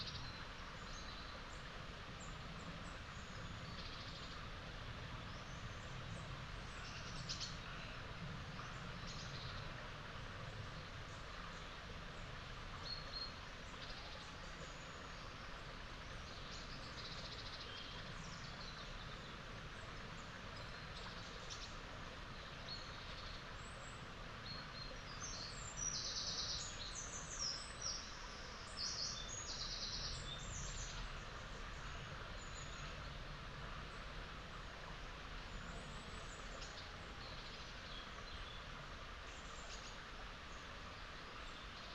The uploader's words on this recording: Bucolic dell in upland meadows. Steep grassy meadows. Overgrown hedgerows. Farm machinery, A-roads, the flight paths to Manchester's ringway airport, though quite feint, are in range of hearing.